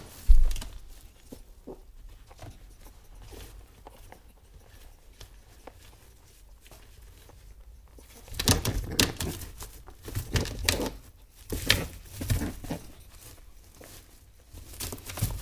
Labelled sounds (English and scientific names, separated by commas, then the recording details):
European Rabbit (Oryctolagus cuniculus)
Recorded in captivity
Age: adult
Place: Zepernick, Barnim, Brandenburg, DE
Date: 2004-11-13 12:10
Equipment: Tascam DA-P1, Sennheiser MKH 40
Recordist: Frommolt, Karl-Heinz